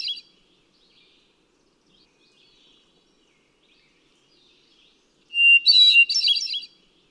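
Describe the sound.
Hermit thrush singing, with a short note at the start and faint scattered notes before one loud phrase near the end: a long clear whistle followed by tumbling, flute-like notes.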